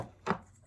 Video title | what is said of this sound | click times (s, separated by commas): Siege WFC Leader Class Shockwave review! | locks in place like so so you can see now his hands are completely | 0.3 s